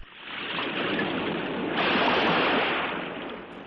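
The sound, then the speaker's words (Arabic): Steady roar of high sea surf washing ashore, a broad hissing wash that swells into a louder breaking wave midway before slowly easing off, with no voices. “مش تنزلي البحر؟ لا يا أحمد من فضلك، أنا بخاف، أنت عارف إن أنا جبانة، وبعدين الموجة عالية قوي، بلاش النهاردة.”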